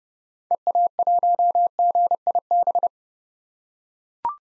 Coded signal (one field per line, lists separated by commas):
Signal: Morse code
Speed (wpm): 29 wpm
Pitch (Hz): 700 Hz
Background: none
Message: EA1GIB